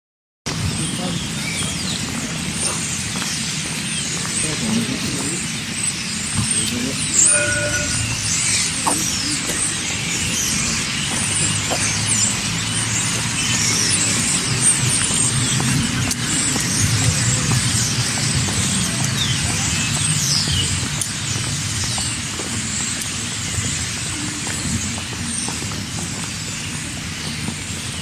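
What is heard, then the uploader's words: Birds chirp densely and continuously throughout, a bright, busy chatter of many overlapping calls. Beneath them runs a steady low rumble like traffic, with a brief clearer whistle near the seven-second mark. The level stays even from start to finish. Birds. Université Jean Monnet, 8h.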